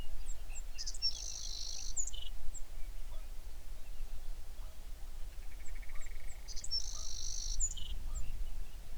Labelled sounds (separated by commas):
songbird, grouse or ptarmigan